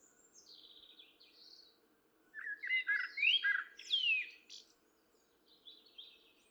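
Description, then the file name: Common blackbird song: faint high twittering, then a loud, low, fluted warbling phrase with quick squeaky notes, ending in thin high notes over a steady low hum. "Turdus merula"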